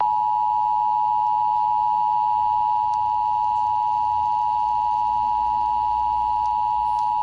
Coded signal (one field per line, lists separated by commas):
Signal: Emergency Alert System (SAME) tones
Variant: 853 and 960 Hz attention tone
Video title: Creature From The Krusty Krab EAS Scenario